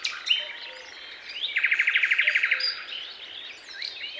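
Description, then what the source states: Bird chirps: a rapid, evenly pulsed trill lasting about a second, with scattered high chirps before and after and faint short low notes beneath. Chirping birds in a forest, described as peaceful.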